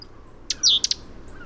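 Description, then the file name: Great tit call: a sharp high note followed by a short slurred note and two quick ticks, over faint background hiss. "Parus major"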